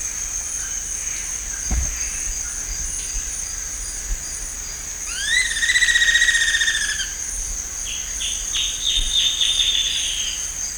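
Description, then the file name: Bird giving one upswept note that levels into a steady harmonic tone, then a run of short high chirps, against a continuous insect buzz. "SABIOD 50 bird 2015"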